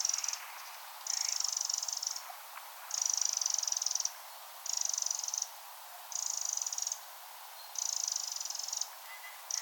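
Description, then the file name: Eurasian wren churring in a regular series of several dry, ticking rattles, each under a second long, separated by brief gaps. "Troglodytes troglodytes"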